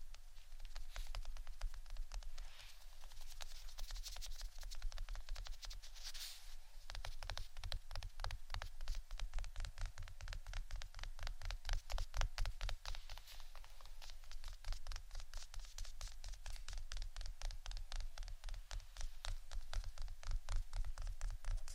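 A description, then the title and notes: Rapid tapping runs throughout, a dense stream of sharp, bright clicks that patters almost like rain. For the first seven seconds the taps blur together into a smoother hiss; after that they become crisper and more distinct, in quick, fairly even bursts over a low hum. ASMR 2 Types Of Tapping（No Talking）.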